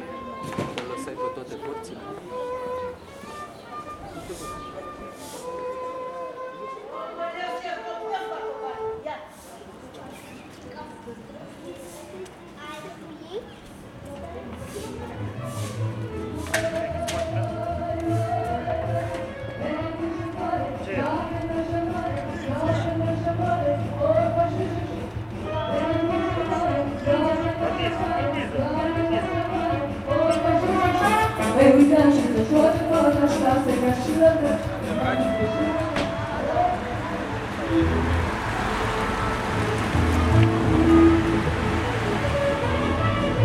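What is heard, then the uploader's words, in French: A sound postcard of Bucharest: voices talk and overlap throughout, with sharp clicks and knocks in the first ten seconds. From about fifteen seconds a low steady rumble joins, and the crowd of voices thickens, turning into a bright, dense hiss over the last ten seconds. Carte postale sonore de Bucarest.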